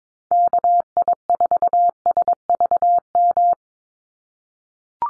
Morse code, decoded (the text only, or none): KI4SVM